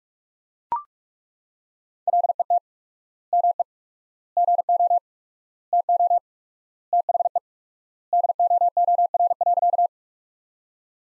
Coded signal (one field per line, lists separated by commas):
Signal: Morse code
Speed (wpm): 41 wpm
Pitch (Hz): 700 Hz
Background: none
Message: LET ME GO TO THE DOOR.